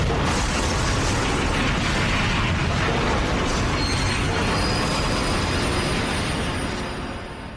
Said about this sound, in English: that sent them hurrying to London on that terrible train. Iron crashing into iron, wood splintering.